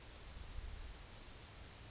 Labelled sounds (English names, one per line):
Yellowhammer song